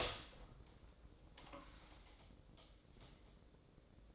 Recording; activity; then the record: daily activity, microphone in the room; open door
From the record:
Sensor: 3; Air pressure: 1012.3 hPa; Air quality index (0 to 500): 182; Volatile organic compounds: 3 ppm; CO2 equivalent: 1391 ppm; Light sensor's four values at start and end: 523/1299/536/548 and 525/1304/538/550